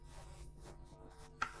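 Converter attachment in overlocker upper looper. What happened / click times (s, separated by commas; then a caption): The plastic attachment clicked free of its hole / 1.4 s. A plastic converter attachment is pressed lightly at the front and levered up and out of the upper looper hole of a Gritzner 788 overlocker (serger). Low background hum and faint rubbing are heard, then a sharp click at 1.4 s as the converter comes free and is released.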